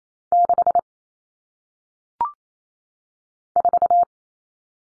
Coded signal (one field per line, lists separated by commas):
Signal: Morse code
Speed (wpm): 28 wpm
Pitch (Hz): 700 Hz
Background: none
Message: 6 4